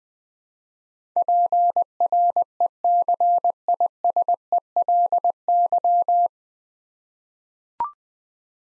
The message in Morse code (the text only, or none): PRECISELY